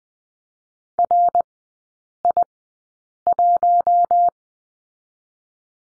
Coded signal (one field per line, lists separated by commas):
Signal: Morse code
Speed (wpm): 19 wpm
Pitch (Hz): 700 Hz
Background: none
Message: R I 1